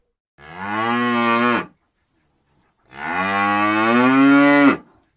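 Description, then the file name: Dairy cow mooing: two long, harmonic-rich moos, the second longer and rising slightly in pitch toward its end. "tieng bo sua keu"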